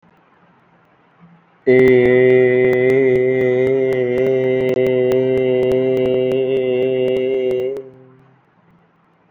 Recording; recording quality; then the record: sustained vowel as in made; excellent, no background noise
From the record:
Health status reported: COVID-19 positive, mild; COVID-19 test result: positive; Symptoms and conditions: cough, cold, fever, fatigue, muscle pain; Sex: male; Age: 24 years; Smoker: not ticked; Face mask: not worn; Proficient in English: yes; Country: India